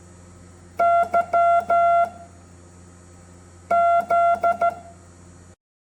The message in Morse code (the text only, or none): Y Z